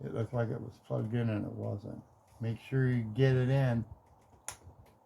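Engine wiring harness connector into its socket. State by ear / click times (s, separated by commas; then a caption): seated / 4.5 s. Someone talks while an engine-bay wiring harness connector on a 2003 Focus, which only looked plugged in and was the reason the car ran poorly, is pushed fully into its socket. A short, sharp snap at 4.5 s shows the connector is locked in and seated.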